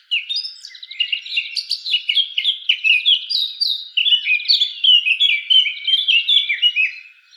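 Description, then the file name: Eurasian blackcap song, a continuous rapid warble of varied chirps and trills, high-pitched and rambling without pause, with no other sounds. "Sylvia atricapilla"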